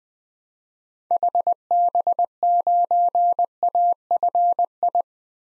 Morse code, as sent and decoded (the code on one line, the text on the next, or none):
.... -... ----. .- ..-. ..
HB9AFI